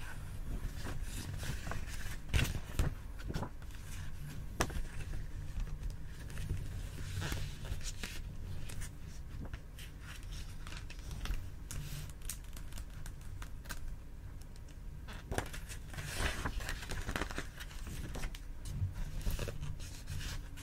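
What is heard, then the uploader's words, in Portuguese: Pages of a book are handled and turned, giving dry crinkling and papery rustles with sharp flicks every second or two, clearest near 2.5, 7.5, 15 and 17 seconds. A low steady hum sits underneath. Aqui temos um ASMR brasileiro super relaxante com sons de folhas do lindo livro "Contos de Grimm".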